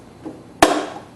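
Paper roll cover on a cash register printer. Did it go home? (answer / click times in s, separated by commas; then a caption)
yes / 0.6 s. A plastic paper-roll cover on a Casio cash register's receipt printer is pressed down over a paper roll laid in shiny side up, after a faint soft rustle near 0.3 s. The cover latches with a sharp, loud click at 0.6 s that rings briefly and fades. The cover is confirmed seated and shut; it has to click, or an E10 error follows.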